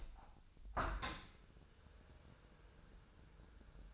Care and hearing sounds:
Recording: daily activity, microphone in the room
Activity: open window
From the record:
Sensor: 2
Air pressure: 1014.8 hPa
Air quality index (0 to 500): 28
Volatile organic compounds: 1 ppm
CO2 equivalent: 524 ppm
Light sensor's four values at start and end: 8/19/8/8 and 8/20/8/8

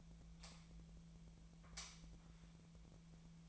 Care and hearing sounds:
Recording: daily activity, microphone in the room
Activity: light on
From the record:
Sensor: 1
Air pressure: 1009.8 hPa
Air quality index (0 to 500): 190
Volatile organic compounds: 18 ppm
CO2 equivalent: 2605 ppm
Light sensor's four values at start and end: 34/86/36/43 and 45/130/53/60

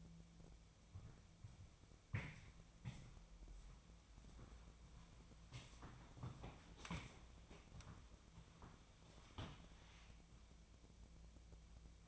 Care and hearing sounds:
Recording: daily activity, microphone in the room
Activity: walk to room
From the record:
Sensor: 1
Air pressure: 1000.0 hPa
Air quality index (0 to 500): 129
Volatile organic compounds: 2 ppm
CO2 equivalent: 1226 ppm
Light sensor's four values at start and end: 33/84/35/43 and 33/84/35/43

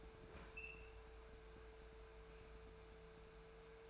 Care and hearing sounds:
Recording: daily activity, microphone in the room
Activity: open fridge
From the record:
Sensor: 2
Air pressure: 1014.8 hPa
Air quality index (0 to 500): 194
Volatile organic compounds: 16 ppm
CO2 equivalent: 2554 ppm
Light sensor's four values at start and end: 8/20/8/8 and 8/20/8/9

